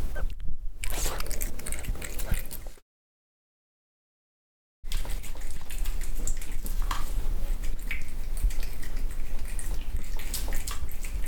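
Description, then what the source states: Cat chewing wet food, giving moist clicking and smacking bites that break off into a two-second silence, then resume over a low background hum. Cat eating wet food.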